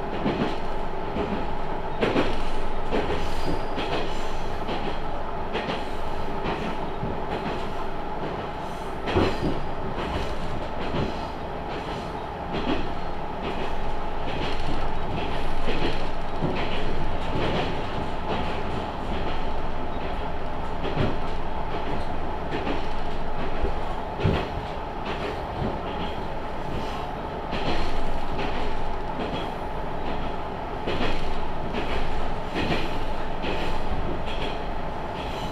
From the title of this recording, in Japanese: 天竜浜名湖鉄道 金指→西気賀→金指 往復